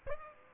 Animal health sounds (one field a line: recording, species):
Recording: mosquito wingbeat signal from an infrared sensor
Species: Aedes aegypti